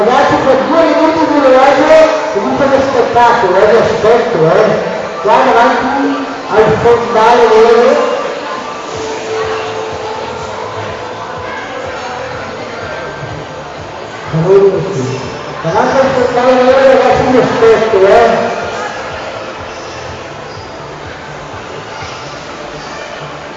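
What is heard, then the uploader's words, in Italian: Chaotic noise during a soap-bubble workshop in a shopping centre: many voices overlapping, with excited, high-pitched children's shouts rising in bursts around 2–8 seconds and again near 15–18 seconds. Between the bursts a steadier crowd murmur continues, fading somewhat toward the end. Casino durante un laboratorio di bolle di sapone e di alienazione, in un centro commerciale.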